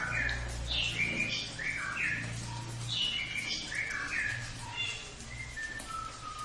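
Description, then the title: Cililin song: short chirpy notes and quick slurred phrases, some rising and some falling, given in loose bursts over a steady low hum. Recording for training birds (masteran) that can also serve as a lure (pancingan) to attract the bird. "MASTERAN AMPUH SUARA BURUNG CILILIN BISA JUGA PANCINGAN CILILIN"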